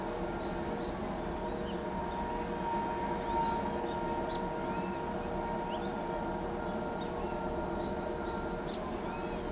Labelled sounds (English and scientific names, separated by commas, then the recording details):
none
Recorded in pastures near Pivijay, Magdalena, Colombia, on 16 April 2023 at 07:30
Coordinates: 10.456, -74.369
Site P6-G026